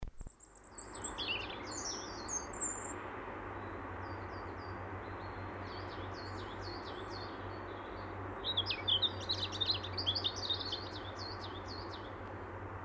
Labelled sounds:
European Robin (Erithacus rubecula) song
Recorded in the wild
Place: Baden-Baden, Baden-Württemberg, DE
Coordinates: 48.7656, 8.2287
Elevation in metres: 176
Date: 1976-04-22
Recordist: Tretzel, Erwin

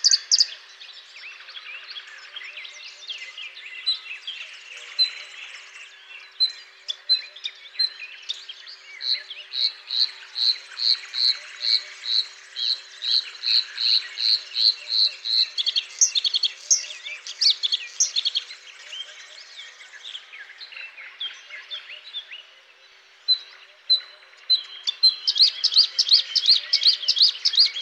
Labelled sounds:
Bluethroat (Luscinia svecica) song
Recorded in the wild
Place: Pripyatskiy NP, BY
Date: 2005-05-26
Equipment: Minidisc Sony MZ-R35, Telinga DAT, Telinga-Parabolspiegel
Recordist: Schwarz, Dieter
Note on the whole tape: Song

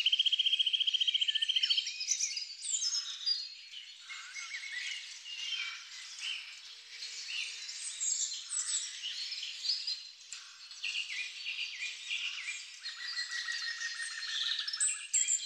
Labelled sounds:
Eurasian Nuthatch (Sitta europaea) song
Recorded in the wild
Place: Lilienhof / Kaiserstuhl, Baden-Württemberg, DE
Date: 2000-03-24
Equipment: MiniDisc Sharp MT 20 H
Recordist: Schwarz, Dieter
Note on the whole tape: Song

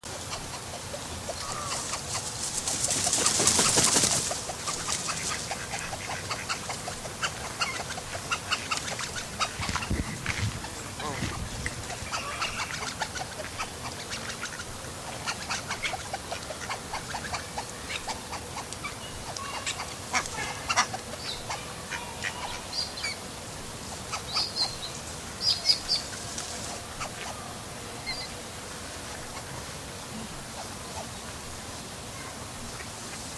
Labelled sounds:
Spur-winged Goose (Plectropterus gambensis) call
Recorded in captivity
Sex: pair
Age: adult
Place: Zoo Leipzig, Sachsen, DE
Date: 2003-10-01 17:07
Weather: fair, 16°C
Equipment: Fair Mate ST-1328 (Asahi Electronics, Japan), Sennheiser ME 80, Kopie Uher 4000 Report Monitor
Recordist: Tembrock, Günter
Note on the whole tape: Erst Männchen, dann Weibchen aus dem Wasser - "Begrüßung" (Entfernung: ca. 1-2 m)

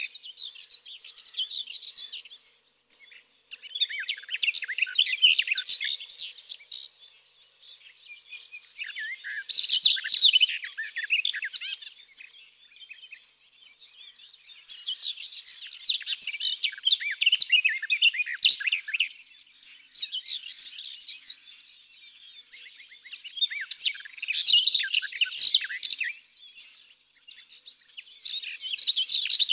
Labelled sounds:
Garden Warbler (Sylvia borin) song
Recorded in the wild
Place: Waltershofen / Freiburg im Breisgau, Baden-Württemberg, DE
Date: 2001-06-04
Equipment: MiniDisc Sharp MT 20 H
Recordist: Schwarz, Dieter
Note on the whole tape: Song

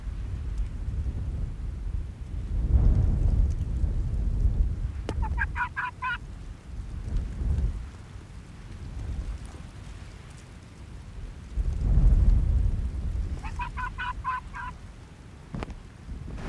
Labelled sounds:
Arctic Fox (Vulpes lagopus)
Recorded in the wild
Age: adult
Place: Insel Mednyi, Kommandeur-Inseln, RU
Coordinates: 54.5167, 168.083
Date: 1999-07-01 18:54
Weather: starker Westwind, 10°C
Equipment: Sony WM-D6C, Sennheiser MKH 70, Windkorb, Kopie Sony TCD-D8
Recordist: Frommolt, Karl-Heinz

